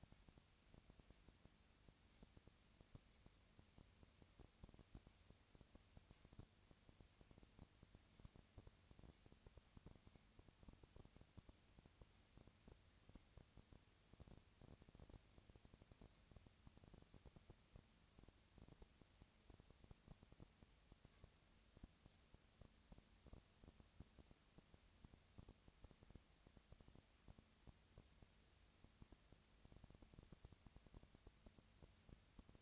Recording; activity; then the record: daily activity, microphone in the room; no activity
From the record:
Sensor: 2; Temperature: 20.1 degrees Celsius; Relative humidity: 35.5%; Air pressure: 996.9 hPa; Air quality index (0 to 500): 197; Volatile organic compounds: 30 ppm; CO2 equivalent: 2955 ppm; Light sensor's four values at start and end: 2/3/2/2 and 2/3/2/2